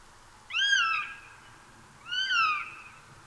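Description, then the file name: Eurasian jay uttering two downslurred, mewing calls about one and a half seconds apart, each with clear harmonics. "Garrulus glandarius"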